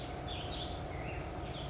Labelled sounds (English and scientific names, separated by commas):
California Towhee (Melozone crissalis)